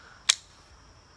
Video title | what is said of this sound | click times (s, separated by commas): BattlBox UNBOXING: Mission 54 - TOPS MSK 2.5 Knife, HybridLight Headlamp, Meal-2-Go, Water Storage | click very nice as you hear it into the Kydex sheath | 0.3 s